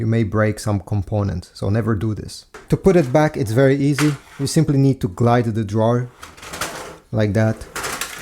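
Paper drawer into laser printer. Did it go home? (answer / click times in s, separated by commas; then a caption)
no / none. Someone talks while the plastic paper drawer of a Brother MFC-L2710DW laser printer is being slid back into the printer, with short handling noises between the words. The drawer has not clicked into place yet; nothing has seated by the end of the clip.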